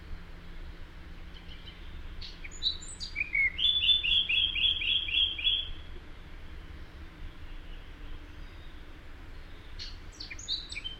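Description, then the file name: Eurasian blackcap song: a short run of crisp, rapidly repeated whistled notes after a few scratchy opening notes, followed by silence and a brief scratchy start near the end. "Sylvia atricapilla"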